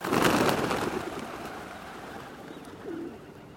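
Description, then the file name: Pigeons taking off as a flock, a loud burst of clattering wingbeats in the first second fading into a fluttering rush, with a faint short call near three seconds. "BIRD PIGEONS FLOCK TAKEOFF"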